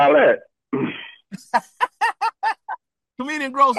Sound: laughs

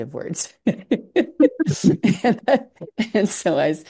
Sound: laughs

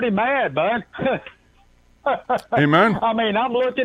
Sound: laughs

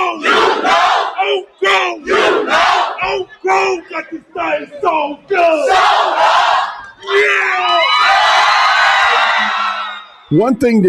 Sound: crowd cheering

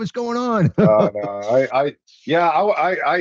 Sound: laughs

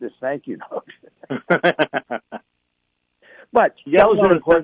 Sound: laughs

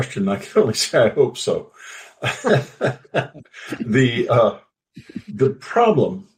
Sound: laughs

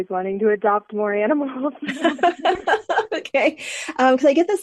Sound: laughs

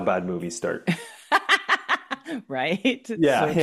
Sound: laughs

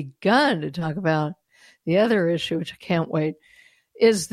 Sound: none

